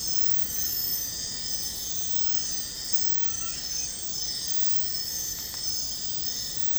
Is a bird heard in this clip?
no